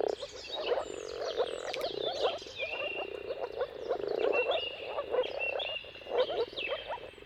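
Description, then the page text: Many moor frogs give muffled, bubbling mating calls in a continuous chorus; clear whistled bird phrases cut across the background. Moor frogs in mating chorus at sunrise, at the turn of March and April depending on the weather. "Jakub-Orzecki moor frogs. Dawn’s Chorus: Mating Calls of Marsh Frogs at Sunrise. Depending on the weather at the turn of March and April, you can witness an amazing spectacle of moor frogs"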